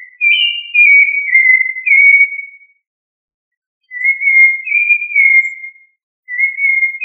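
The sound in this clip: Thrush song: clear whistled warbling phrases sliding up and down, with short silent gaps between phrases.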